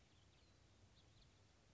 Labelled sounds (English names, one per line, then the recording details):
House Finch
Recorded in Sonoma County, California